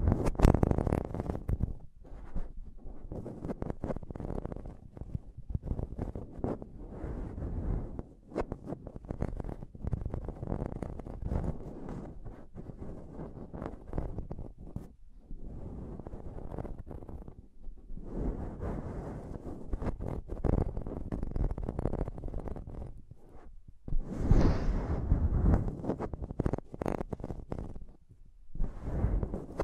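Dense, continuous tapping and scratching on a microphone, with rapid thumps and rubbing strokes packed closely together throughout. The sound is mostly low and muffled, with brief pauses near 15 and 18 seconds and a sharper, brighter burst of scratching around 24 seconds.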